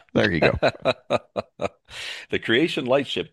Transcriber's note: laughs